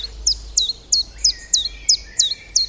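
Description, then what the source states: Common chiffchaff song: high two-part notes repeated about three times per second. Russian name 'теньковка' reflects its singing.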